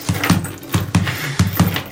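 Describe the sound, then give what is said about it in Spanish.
A pounding heartbeat: three double thumps in a steady lub-dub rhythm, deep, muffled and loud, with a soft hiss between the beats and no voices. “Pero el latido crecía, se hacía cada vez más fuerte, más fuerte.”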